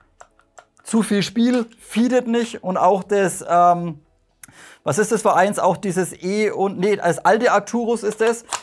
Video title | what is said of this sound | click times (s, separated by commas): [Review] ICS Airsoft - DD MK18 S-AEG mit EFCS (6mm BB Softair) | Das neue Arcturus Magazin, auch hier rastet sauber ein, aber | 0.2 s, 0.6 s